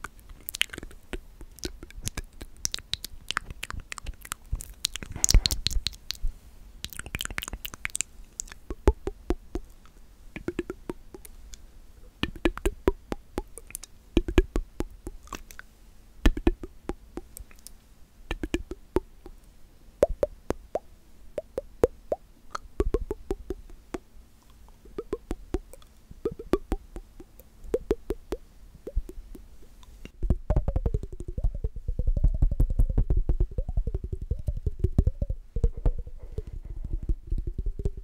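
Mouth sounds: a busy, irregular run of wet clicks, pops and smacks fills the first thirty seconds, some sharp and bright, others soft. Near the thirty-second mark it shifts to a sustained, wavering voiced hum over a low rumble. A faint steady hum runs underneath throughout.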